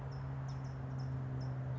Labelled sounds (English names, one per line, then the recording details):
California Towhee
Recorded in Sonoma County, California